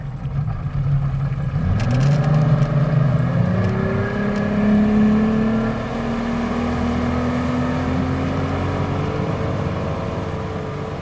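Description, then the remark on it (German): A motorboat engine drones steadily and loudly as the boat slowly circles an island at night under the risen moon, its low hum slowly climbing in pitch as it runs on for several seconds, with no voices over it. “Ich fuhr langsam um die Insel herum.”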